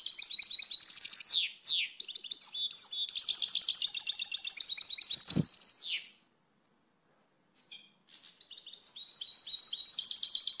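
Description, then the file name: Finch song, a long run of rapid, tinkling twitters and buzzy trills lasting about six seconds, a brief silence, then the chattering resumes; one low thump near the end of the run. "Canto do pintassilgo"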